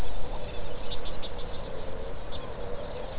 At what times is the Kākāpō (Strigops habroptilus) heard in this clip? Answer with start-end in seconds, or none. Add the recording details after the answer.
none. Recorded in New Zealand. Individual Stumpy